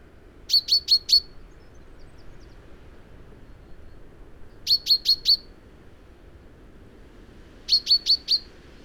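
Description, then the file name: Common chaffinch calls: three quick bursts of four sharp, high, clipped notes, each burst a few seconds apart, over a faint steady hiss. "Fringilla coelebs"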